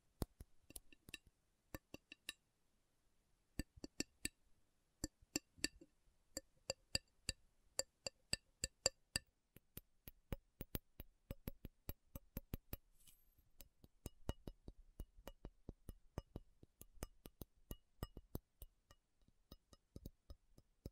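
Metal is tapped in sharp, ringing clicks, at first spaced and irregular, with a near-silent gap around three seconds. The taps grow denser after about ten seconds, coming in quick clustered runs with a faint low rumble underneath toward the end.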